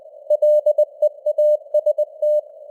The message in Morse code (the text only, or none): LEAST